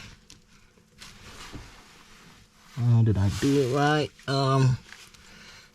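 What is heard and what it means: A cable connector is pushed into a socket on the computer module of a new 9-inch Hansshow dash screen being installed in a 2023 Tesla Model Y, and it clicks at 0.3 s. Someone then talks, and the connector is confirmed seated.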